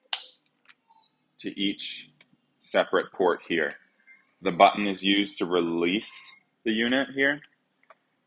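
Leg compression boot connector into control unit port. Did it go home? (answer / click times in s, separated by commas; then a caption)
yes / 0.1 s. A leg compression boot's hose connector is plugged into a separate port on the compression control unit, giving a loud, sharp snap at 0.1 s as it seats. Someone then talks, with a few faint ticks near the start and end.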